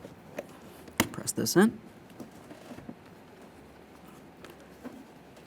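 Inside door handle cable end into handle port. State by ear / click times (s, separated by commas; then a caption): seated / 4.5 s. On a 2015–2020 Ford F-150, the inside door handle cable end is pressed into its plastic port on the back of the door panel handle. Someone talks briefly over some handling noise, and then a short click at 4.5 s shows the cable end has seated and locked in.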